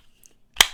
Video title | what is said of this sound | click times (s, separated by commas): Why the REIFF Knives F3 is the Ultimate Companion Knife | nice positive click on it | 0.6 s